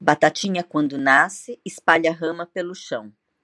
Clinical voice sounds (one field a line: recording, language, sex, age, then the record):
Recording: short text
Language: Brazilian Portuguese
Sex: female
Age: 50 to 59 years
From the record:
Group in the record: control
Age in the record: 56 years